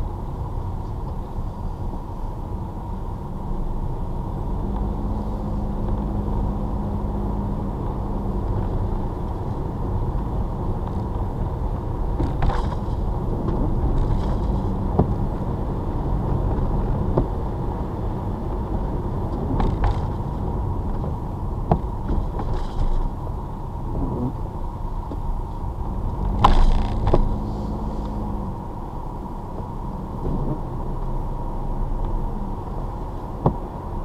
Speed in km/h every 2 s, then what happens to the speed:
18, 18, 19, 26, 31, 32, 31, 31, 32, 32, 24, 15, 11, 13, 19, 19, 23.
0-9 speeds up to 32. 9-18 steady at about 32. 18-24 brakes to 11. 24-34 speeds up to 23.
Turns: 0-5, 22-28.